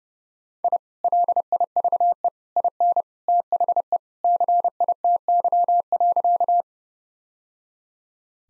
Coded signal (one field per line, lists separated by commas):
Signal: Morse code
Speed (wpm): 32 wpm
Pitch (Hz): 700 Hz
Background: none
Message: I LIVE IN THE CITY.